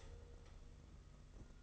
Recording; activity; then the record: daily activity, microphone in the room; stop toaster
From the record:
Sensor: 4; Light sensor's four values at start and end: 18/63/23/24 and 18/62/23/24